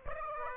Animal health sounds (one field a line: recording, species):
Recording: mosquito wingbeat signal from an infrared sensor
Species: Aedes aegypti